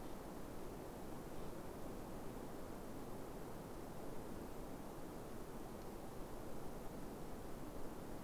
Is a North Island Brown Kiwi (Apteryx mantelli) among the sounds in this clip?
no